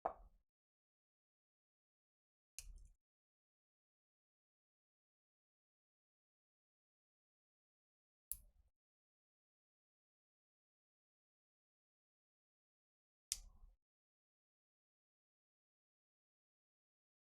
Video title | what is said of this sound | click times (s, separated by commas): Bumblebee - Part 4 - LEGO Let's Chat | Can y'all hear the little clicks? | 0.1 s, 2.6 s, 8.3 s, 13.3 s